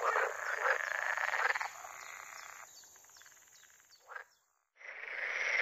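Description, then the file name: Water frog croaking in a loud pulsed chorus that thins into quieter rattling calls, then a brief silence before the chorus resumes. "grenouille verte"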